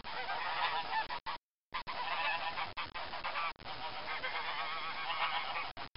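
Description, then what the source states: Goose: geese honking in a noisy overlapping chorus of nasal calls, broken by several abrupt cuts of silence. 1996.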